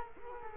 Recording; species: mosquito wingbeat signal from an infrared sensor; Culex quinquefasciatus